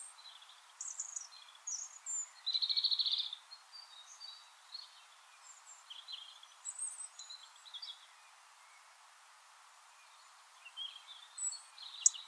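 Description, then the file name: European robin song: fast, varied high phrases mixing thin whistles and a loud buzzy trill, continuing in scattered bursts with short gaps. "Erithacus rubecula"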